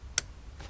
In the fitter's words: click did you hear that popped it in